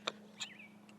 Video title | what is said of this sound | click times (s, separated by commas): Best camping chair! Nemo Stargaze [review & set-up] | Everything literally just snaps into place. So you'll see it goes | 0.1 s